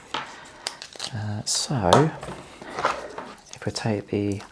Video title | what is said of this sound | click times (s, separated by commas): Tefal DT8150 Hand Held Steamer Demo | let's just pop that on there like that it just clicks back into place | 0.7 s